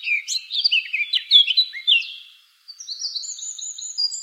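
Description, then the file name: Eurasian blackcap song: a quick jumble of warbled notes, a brief pause, then clear high fluting notes. Recorded 24 April 2013. "24 04 2013 Moenchsgrasmuecke"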